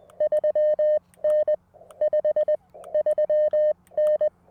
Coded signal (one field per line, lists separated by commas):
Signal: Morse code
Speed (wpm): 20 wpm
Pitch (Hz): 590 Hz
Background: none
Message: 3N 5 3N